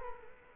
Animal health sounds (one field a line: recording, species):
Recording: mosquito wingbeat signal from an infrared sensor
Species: Culex quinquefasciatus